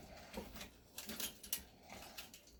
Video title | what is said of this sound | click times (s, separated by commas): How to Deep Clean Your PC - A Guide!!! | you like the motherboard connector clicks right in | 1.5 s